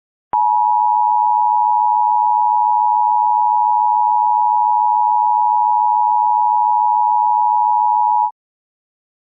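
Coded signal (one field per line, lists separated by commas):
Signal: Emergency Alert System (SAME) tones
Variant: 853 and 960 Hz attention tone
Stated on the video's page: Maryland Required Weekly Test of the emergency alert system, with a voice change.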